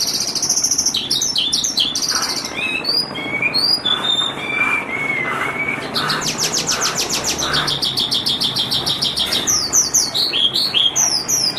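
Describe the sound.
Javan bush lark singing a varied, nonstop medley of high chirps, buzzy trills and a few lower whistled notes, changing phrases every second or two.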